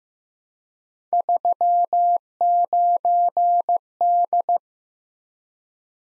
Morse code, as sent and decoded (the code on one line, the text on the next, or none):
...-- ----. -..
39D